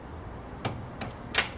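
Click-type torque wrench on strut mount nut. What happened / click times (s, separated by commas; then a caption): Torque wrench clicks at low setting / 0.7 s. A click-type torque wrench tightens a front strut mount nut on a 2010 Toyota Corolla to 37 ft-lb, and it gives a short, sharp click at 0.6 s that is quieter and less pronounced because of the low torque setting. Two more brief ticks follow at about 1.0 s and 1.4 s over a low steady background hum.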